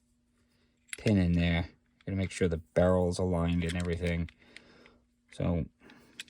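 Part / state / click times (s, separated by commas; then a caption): takedown pin into pistol frame / not seated / none. During reassembly of a Smith & Wesson CSX compact pistol, the takedown pin is placed in its hole in the frame while the barrel is aligned, as someone talks. A few small, faint clicks and handling sounds follow near the end. Nothing has seated or snapped into place yet.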